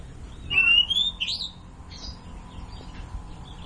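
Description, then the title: Oriental magpie-robin song: one loud, clear whistled rising slur ending in a sharper note, then faint softer notes over a low hum. "Kicau Kacer"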